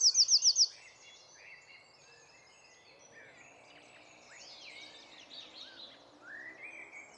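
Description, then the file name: Eurasian wren: a quick burst of about six sharp, high notes in under a second, followed by faint high twittering. "Troglodytes troglodytes"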